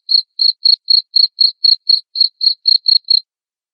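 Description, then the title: Cricket chirping, a high ringing pulse repeated about four times a second in a steady run of thirteen chirps, then silence. Loud cricket chirping (ngerik) said to make lovebirds sing ngekek continuously. "Suara JANGKRIK NGERIK Keras Bikin LOVEBIRD Jadi NGEKEK Terus Vubey"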